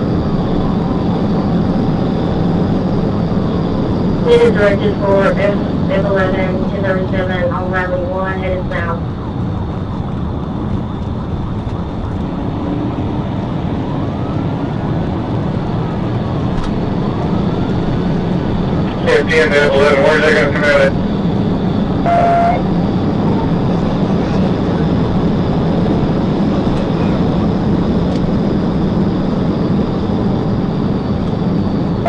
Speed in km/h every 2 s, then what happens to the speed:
182, 175, 153, 130, 129, 134, 147, 158, 164, 177, 185, 192, 195, 195, 184, 174.
0-8 brakes to 129. 8-24 speeds up to 195. 24-32 slows to 174.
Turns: none.